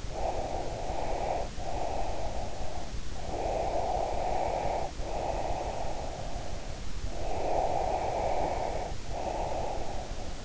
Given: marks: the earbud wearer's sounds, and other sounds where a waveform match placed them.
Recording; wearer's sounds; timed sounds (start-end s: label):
sounds in sleep by an in-ear microphone; breath
0.00-3.05 s: breath
3.24-6.88 s: breath
7.05-10.45 s: breath